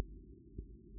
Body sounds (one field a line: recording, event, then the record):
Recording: neck accelerometer signal played as sound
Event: no cough (speech, laughter, throat clearing or background)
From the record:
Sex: male